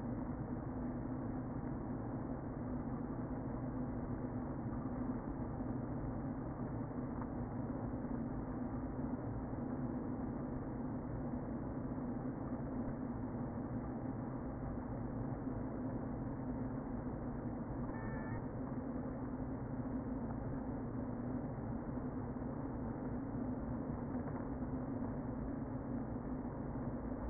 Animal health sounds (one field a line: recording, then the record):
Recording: honeybee colony, microphone inside the hive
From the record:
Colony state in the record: queen present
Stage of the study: before two queens were removed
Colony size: about 60,000 bees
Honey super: yes